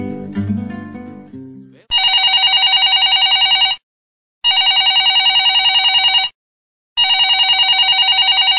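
A telephone rings in three long, buzzing bursts separated by short pauses, loud and steady with a bright metallic trill, following a brief fading bit of music at the start.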